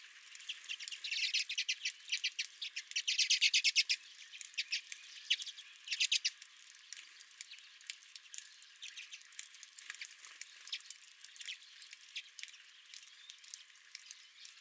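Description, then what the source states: Redpolls giving dry, rapid chattering calls in bursts, louder early on, quieter twittering later. Redpolls at the recordist's own feeder.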